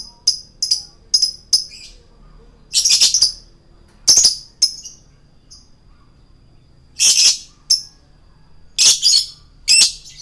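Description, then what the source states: Lovebird song alternating thin, quick high ticks with louder, scratchy squawks delivered in irregular bursts. Male lovebird, described as 'gacor'.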